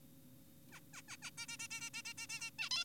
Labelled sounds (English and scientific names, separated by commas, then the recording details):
Zebra Finch (Taeniopygia guttata)
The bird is an adult
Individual g4p5U